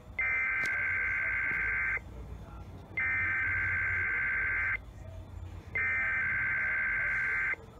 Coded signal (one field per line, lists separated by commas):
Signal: Emergency Alert System (SAME) tones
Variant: header bursts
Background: speech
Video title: *FOUND SAFE* Early Morning CAE (EAS #2903-2906)